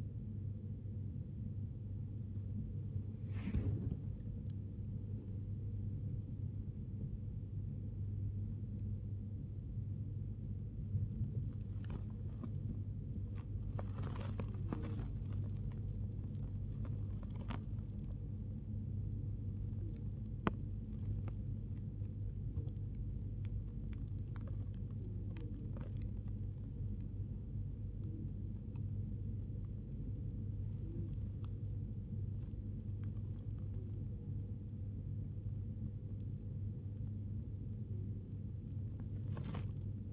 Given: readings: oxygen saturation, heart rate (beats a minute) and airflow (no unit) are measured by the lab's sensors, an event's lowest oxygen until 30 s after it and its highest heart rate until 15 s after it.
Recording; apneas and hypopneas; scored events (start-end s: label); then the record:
breathing in sleep by a smartphone at the bedside; none
19.00-40.12 s: new sleep stage, N1 (lightest sleep)
From the record:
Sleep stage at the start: N2 (light sleep); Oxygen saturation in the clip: 93 to 95%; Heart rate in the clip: 72 to 92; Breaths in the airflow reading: 12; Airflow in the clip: -0.6 to 0.7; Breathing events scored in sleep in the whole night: 103 in 8.4 hours asleep